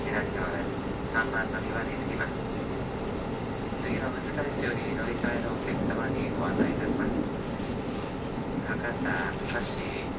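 Aboard the KiHa 72 Yufuin no Mori train, a steady low rumble runs throughout while passengers' voices chatter on and off above it.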